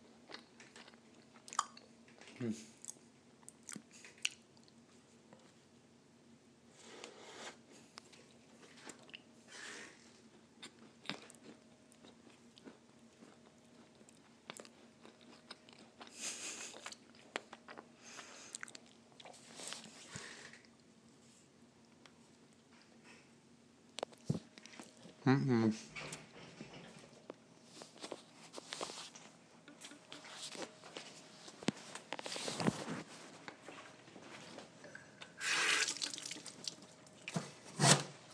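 Someone eats a giant cookie, with scattered crunchy bites and chewing over a steady low hum, growing louder and busier after twenty-five seconds.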